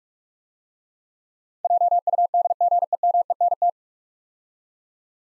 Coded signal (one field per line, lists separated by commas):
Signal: Morse code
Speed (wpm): 44 wpm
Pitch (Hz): 700 Hz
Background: none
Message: JUDGEMENT